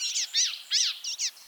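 Blue-gray Gnatcatcher calls: a quick series of several thin, wheezy, arched notes, high-pitched and nasal, tumbling over about a second and a half.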